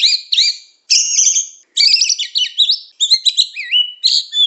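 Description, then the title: White-rumped shama song: rich, varied phrases of slurred whistles and chattering notes in short bursts separated by brief pauses. From Medan. "Murai Batu Medan"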